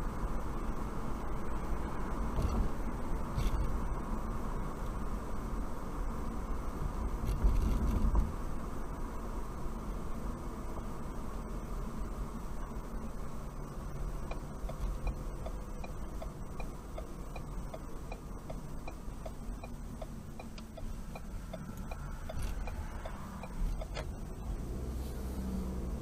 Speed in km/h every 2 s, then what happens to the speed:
60, 58, 56, 52, 48, 45, 42, 37, 34, 31, 23, 15, 23.
0-22 slows to 15. 23-26 speeds up to 23.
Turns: 19-22.